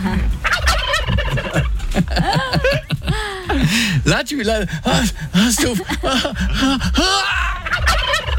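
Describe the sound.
A person imitates a clucking hen with a rapid run of loud, rhythmic, bouncing squawks and clucks that rise and fall in pitch. A few brief spoken words break in between.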